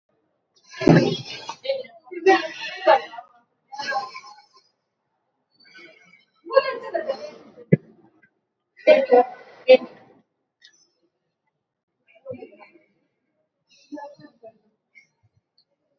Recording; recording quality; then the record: deep breathing; excellent, no background noise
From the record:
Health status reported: recovered from COVID-19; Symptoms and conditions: none ticked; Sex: female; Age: 36 years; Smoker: not ticked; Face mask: worn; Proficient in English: yes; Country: India